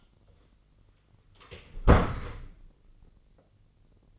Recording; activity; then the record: daily activity, microphone in the room; close door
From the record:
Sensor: 4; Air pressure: 1010.1 hPa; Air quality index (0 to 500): 196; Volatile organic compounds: 3 ppm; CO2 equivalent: 1406 ppm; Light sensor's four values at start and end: 35/86/36/38 and 38/92/38/40